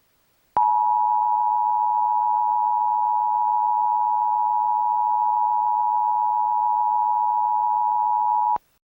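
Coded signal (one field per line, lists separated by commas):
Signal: Emergency Alert System (SAME) tones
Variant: 853 and 960 Hz attention tone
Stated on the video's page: Fictional EAS scenario with a NOAA weather radio station knocked out by a tornado.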